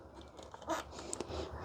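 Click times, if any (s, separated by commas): 1.1 s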